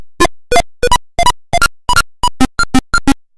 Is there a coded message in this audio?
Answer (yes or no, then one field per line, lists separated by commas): no